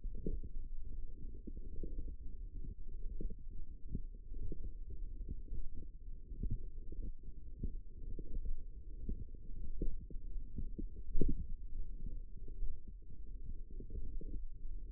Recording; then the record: forearm muscle sounds (acoustic myography)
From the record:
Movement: forearm supination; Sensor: system 1, eight BSWA MPA416 microphones around the upper forearm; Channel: 8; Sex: female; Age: 21 years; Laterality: right